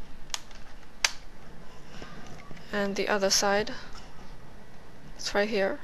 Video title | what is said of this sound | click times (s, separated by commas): Lenovo S12 change hard drive | to hear the click sound okay here it is | 0.3 s, 1.0 s